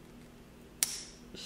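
A slip-joint pocket knife blade is worked until it snaps into position against the backspring in its handle joint. A single sharp metal snap is heard at 0.8 s, with a bright ringing tail. The blade is seated.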